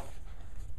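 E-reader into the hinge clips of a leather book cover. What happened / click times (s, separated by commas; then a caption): Handled, not yet home: the device is being fitted into the cover's clips but nothing has seated / none. A Kindle 3 e-reader is being fitted into the hinge clips of a lighted leather book cover, its bottom hooked in and the device swung around toward the clips. Only a low, steady handling rumble and faint rustle are heard, with no sharp clicks. Nothing has seated or clicked yet.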